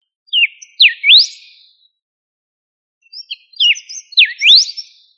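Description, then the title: Bird song of clear whistled notes, sharp downward slurs followed by rising sweeps, in two short phrases separated by a brief pause, with a quiet background. "LuckyPassaro Completos2Sama"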